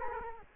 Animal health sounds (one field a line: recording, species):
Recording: mosquito wingbeat signal from an infrared sensor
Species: Culex quinquefasciatus